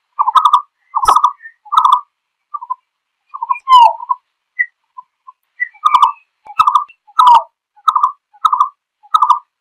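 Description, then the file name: Green-billed malkoha calls: a series of short, slightly buzzy mid-pitched notes with a few higher notes between them. Call given to summon the flock. "tieng chim phuon keu goi bay"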